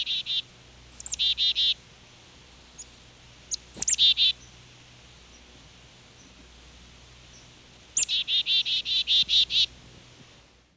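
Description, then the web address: Black-capped chickadee calls: thin, high introductory notes followed by series of buzzy, repeated dee notes, given three times, over a low steady background hum. "peterchen. 101 Bird Songs. Black Capped Chickadee"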